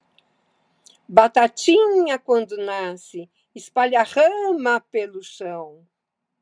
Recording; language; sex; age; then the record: short text; Brazilian Portuguese; female; 60 to 69 years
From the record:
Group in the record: control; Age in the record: 67 years